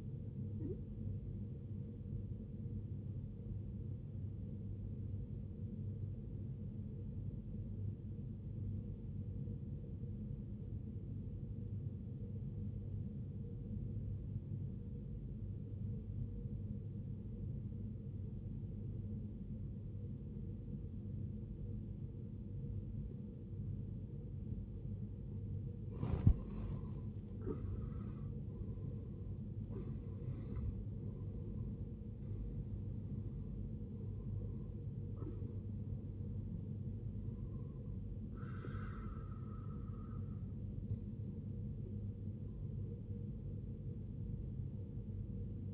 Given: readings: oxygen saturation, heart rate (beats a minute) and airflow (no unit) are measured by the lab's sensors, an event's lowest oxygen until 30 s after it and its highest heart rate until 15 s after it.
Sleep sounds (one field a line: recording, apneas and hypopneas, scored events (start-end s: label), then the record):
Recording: breathing in sleep by a smartphone at the bedside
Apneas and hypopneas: 1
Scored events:
7.00-26.50 s: obstructive apnea (N2, oxygen 94% highest, then 76% lowest, heart rate 55 at the start, 76 highest)
32.00-45.74 s: new sleep stage, N1 (lightest sleep)
From the record:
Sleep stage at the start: N2 (light sleep)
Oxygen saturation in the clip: 78 to 94%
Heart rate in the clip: 54 to 76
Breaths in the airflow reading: 6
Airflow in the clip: -13.6 to 16.0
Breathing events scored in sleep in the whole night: 389 in 6.3 hours asleep